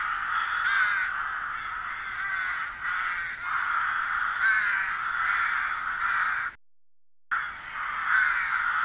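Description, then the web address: Many birds chatter in a steady chorus of harsh, grating caws that overlap throughout, with one brief dropout near the end. "madarak enek"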